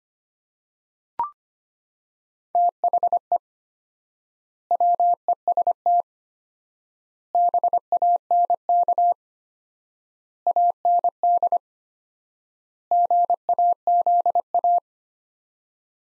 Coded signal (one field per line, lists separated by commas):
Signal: Morse code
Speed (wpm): 25 wpm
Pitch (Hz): 700 Hz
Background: none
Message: THE WEST BANK AND GAZA